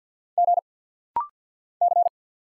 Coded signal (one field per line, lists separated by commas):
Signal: Morse code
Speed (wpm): 50 wpm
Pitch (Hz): 700 Hz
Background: none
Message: G C